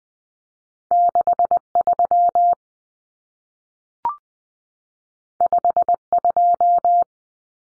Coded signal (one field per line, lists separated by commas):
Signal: Morse code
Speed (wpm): 20 wpm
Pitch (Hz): 700 Hz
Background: none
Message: 63 52